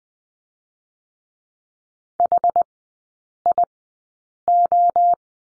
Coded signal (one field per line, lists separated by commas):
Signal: Morse code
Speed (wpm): 20 wpm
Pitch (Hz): 700 Hz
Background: none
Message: HIO